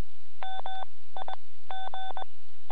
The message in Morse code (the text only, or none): MIG